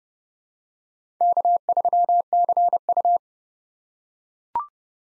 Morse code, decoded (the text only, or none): K3CU